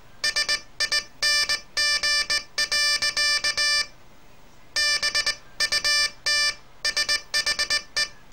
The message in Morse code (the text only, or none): SING. BUT SHE